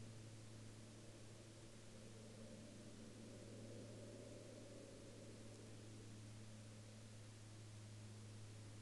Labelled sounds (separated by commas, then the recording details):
aircraft
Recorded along the Dempster Highway, Canada, on 10 April 2019 at 05:57
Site 19